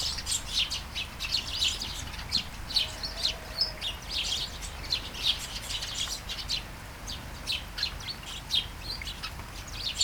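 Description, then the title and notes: Sparrow chirps in quick overlapping bursts, a lively flock chatter of high clipped notes continuing throughout. Flying sparrows in a garden at Taastrup, Denmark; early morning, light shower; recorded with Sony PCM-D100 internal mics. "Kærengen 8, 2630 Taastrup, Denmark - Flying sparrows. Flying sparrows in the garden, early morning. Light shower. Vols de moineaux dans le jardin, au petit matin. Pluie fine"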